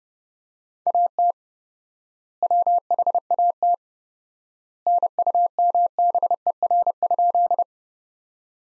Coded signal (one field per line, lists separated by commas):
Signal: Morse code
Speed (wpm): 30 wpm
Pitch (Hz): 700 Hz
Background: none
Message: AT WHAT NUMBER?